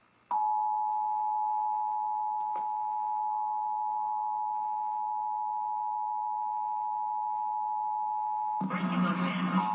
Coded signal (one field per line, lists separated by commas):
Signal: Emergency Alert System (SAME) tones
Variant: 853 and 960 Hz attention tone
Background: speech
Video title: History of EAS (reupload)